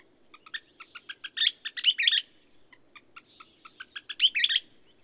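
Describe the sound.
Bird song with quick staccato notes leading into a loud warbled climax, then a second phrase begins, over faint low background noise.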